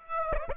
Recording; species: mosquito wingbeat signal from an infrared sensor; Aedes aegypti